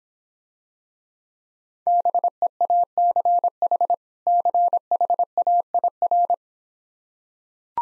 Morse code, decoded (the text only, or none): BEACH CHAIR